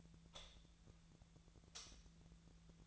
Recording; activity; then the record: daily activity, microphone in the room; light off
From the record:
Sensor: 3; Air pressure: 1009.9 hPa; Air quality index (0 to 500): 190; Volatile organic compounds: 15 ppm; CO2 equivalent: 2478 ppm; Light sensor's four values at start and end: 46/116/50/52 and 41/101/43/46